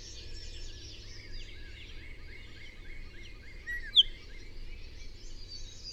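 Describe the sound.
Bird: dense chorus of many birds twittering and chirping together, with one brief sharp chirp standing out.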